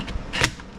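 A torque-limiting tool tightens a carburetor mounting nut on the Briggs 20 hp V-twin of an Ariens 42-inch riding mower being revived after years of storage. After the nuts are run down tight, its clutch gives one short click at 0.4 s, followed by a fainter tick at 0.6 s. The click confirms the nut has reached its torque setting.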